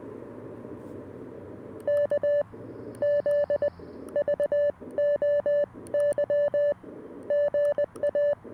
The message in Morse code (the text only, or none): KZVOY GA